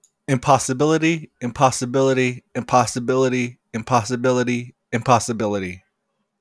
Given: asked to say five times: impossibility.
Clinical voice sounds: repeated word; male; 30 to 39 years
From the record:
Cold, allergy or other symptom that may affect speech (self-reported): no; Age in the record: 30 years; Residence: Nevada, United States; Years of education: 12

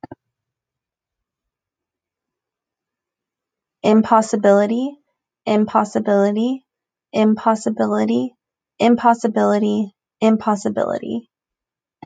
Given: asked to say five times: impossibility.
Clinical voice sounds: repeated word; female; 20 to 29 years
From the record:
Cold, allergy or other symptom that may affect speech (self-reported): no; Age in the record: 25 years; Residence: California, United States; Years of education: 15

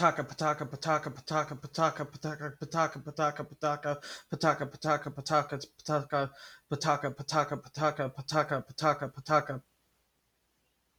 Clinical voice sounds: repeated syllables /pa ta ka/; male; 20 to 29 years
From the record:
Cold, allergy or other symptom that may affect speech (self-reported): no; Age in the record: 23 years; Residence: Illinois, United States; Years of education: 12

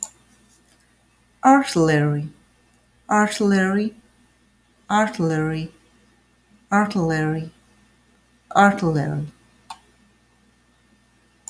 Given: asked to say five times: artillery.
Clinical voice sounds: repeated word; female; 40 to 49 years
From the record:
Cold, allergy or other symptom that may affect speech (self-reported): no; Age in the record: 48 years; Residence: Michigan, United States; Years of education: 16

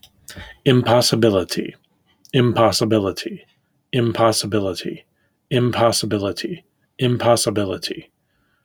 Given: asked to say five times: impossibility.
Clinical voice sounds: repeated word; male; 30 to 39 years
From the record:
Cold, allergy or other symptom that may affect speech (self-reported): no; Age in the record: 37 years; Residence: Illinois, United States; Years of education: 16

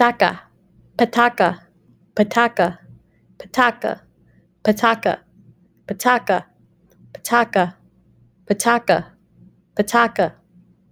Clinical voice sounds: repeated syllables /pa ta ka/; female; 30 to 39 years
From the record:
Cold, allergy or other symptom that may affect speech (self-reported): no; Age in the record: 32 years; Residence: New York, United States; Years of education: 16

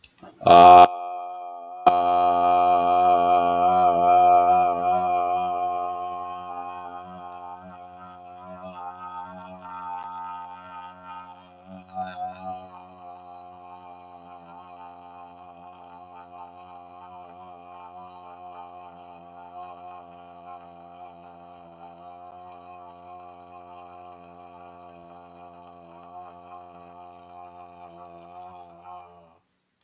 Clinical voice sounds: vowel held as long as possible; male; 30 to 39 years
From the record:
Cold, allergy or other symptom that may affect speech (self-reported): no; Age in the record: 36 years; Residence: California, United States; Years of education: 16

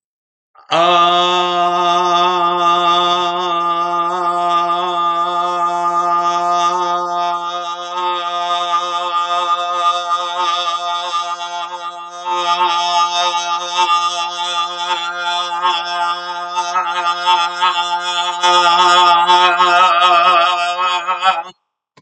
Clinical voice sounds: vowel held as long as possible; male; 40 to 49 years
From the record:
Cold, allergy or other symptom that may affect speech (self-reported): no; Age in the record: 47 years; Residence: Texas, United States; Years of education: 16

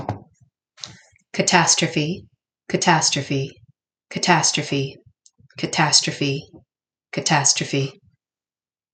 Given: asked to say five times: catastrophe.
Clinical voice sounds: repeated word; female; 30 to 39 years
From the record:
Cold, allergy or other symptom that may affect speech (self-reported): no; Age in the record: 37 years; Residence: United States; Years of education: 19

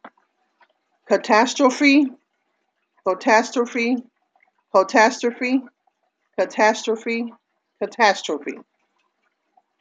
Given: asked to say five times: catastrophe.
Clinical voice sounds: repeated word; female; 50 to 59 years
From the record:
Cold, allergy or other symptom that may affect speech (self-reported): no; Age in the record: 50 years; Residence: Ohio, United States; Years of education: 12

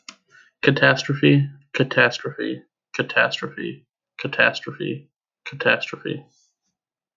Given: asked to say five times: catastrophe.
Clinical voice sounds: repeated word; male; 20 to 29 years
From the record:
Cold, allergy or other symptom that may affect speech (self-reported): no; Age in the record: 24 years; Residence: Illinois, United States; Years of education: 12

